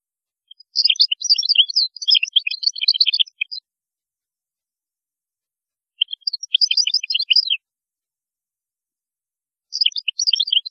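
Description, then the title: European goldfinch song in three rapid, tinkling twittered phrases, each lasting one to three seconds, with pauses between them. "Chant Chardonneret"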